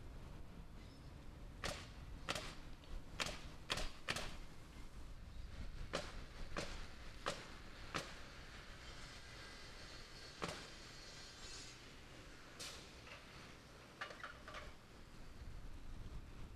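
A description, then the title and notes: Sharp nail gun shots crack out at a construction site, bunched in quick pairs and threes near the start, then spaced every second or two, with a few fainter ones later. Beneath them runs a steady low rumble of wind and distant machinery. Standing by the Crossings at NoDa development in the Sugar Creek neighborhood. Featuring a nail gun, a distant saw, and wind.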